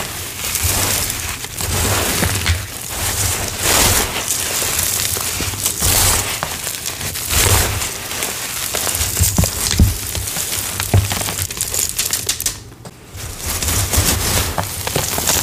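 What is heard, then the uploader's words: Gritty, crunchy crumbling of reformed gym chalk goes on almost without pause, a dense crackle of tiny grains with sharper snaps every second or so. A low rumble sits underneath throughout. Around the twelve-second mark the crunching drops out briefly, then resumes. Gym Chalk Reformed Slabs + Intense Powder Play. Crispy gritty crunchy reformed gym chalk crumbles and oddly satisfying asmr sounds.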